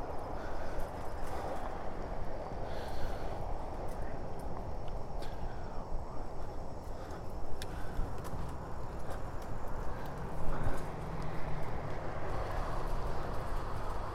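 A bike ride recorded in stereo, with a steady low rumble and rushing wind filling the whole 14 seconds. Faint clicks and rattles come through at irregular moments, and the sound swells briefly around ten to eleven seconds before settling back.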